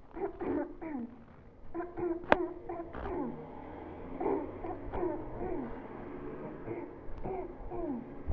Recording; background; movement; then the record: throat clearing; traffic; sitting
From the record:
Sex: female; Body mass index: 18.8 kg/m2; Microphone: on the chest, facing the body